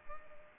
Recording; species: mosquito wingbeat signal from an infrared sensor; Culex pipiens